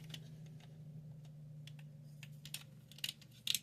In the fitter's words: And that just clicks into his back.